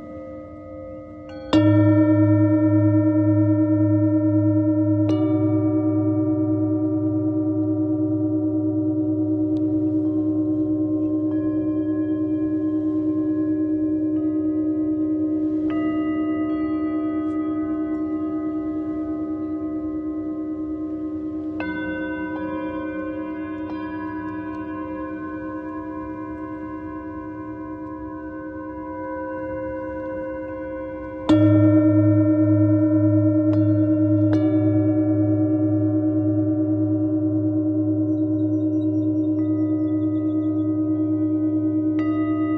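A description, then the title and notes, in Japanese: Singing bowls are struck and left to ring, their deep hum and brighter overtones sustaining and slowly fading. New strikes come every few seconds, near 1, 5, 15, 21 and 34 seconds, with a strong low restrike around 31 seconds renewing the drone. メキシコ-カンクンより サンライズサウンドヒーリングの中継ライブをしました。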